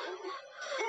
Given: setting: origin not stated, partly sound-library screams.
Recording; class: one-second piece from a danger detection set; woman in danger